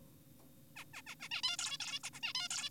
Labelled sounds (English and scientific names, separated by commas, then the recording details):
Zebra Finch (Taeniopygia guttata)
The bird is an adult
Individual g4p5U